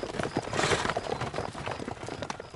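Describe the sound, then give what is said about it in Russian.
Two knights' horses galloping at full speed toward each other in a joust, their hooves pounding in a fast, dense, uneven drumming that stays loud throughout, with no one talking. “Зазвучали трубы, и оба рыцаря во весь опор промчались навстречу друг другу.”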